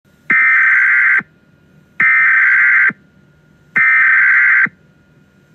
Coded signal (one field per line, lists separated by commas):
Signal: Emergency Alert System (SAME) tones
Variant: header bursts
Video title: EAS Scenario/Analog) Pennywise Attack (Part 1)